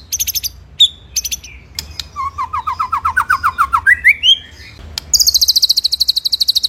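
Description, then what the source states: White-rumped shama song: brief high buzzes, a long series of repeated lower notes rising in pitch, then a steady high buzzy trill. Masteran recording used to train songbirds; full rolling ('ngerol') song in 'nembak' style.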